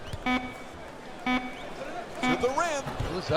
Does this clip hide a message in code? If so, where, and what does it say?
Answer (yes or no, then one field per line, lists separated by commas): no